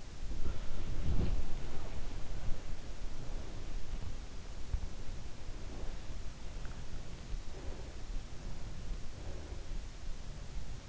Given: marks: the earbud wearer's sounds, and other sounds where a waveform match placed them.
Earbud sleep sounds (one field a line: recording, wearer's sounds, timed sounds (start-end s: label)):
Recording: sounds in sleep by an in-ear microphone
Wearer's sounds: body movement, breath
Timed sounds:
0.00-10.89 s: body movement
5.36-6.30 s: breath
7.10-8.22 s: breath
9.07-10.23 s: breath